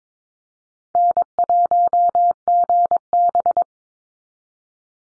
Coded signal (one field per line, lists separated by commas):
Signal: Morse code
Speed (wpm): 22 wpm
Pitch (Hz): 700 Hz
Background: none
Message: N1GB